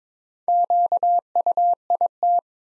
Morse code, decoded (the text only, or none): QUIT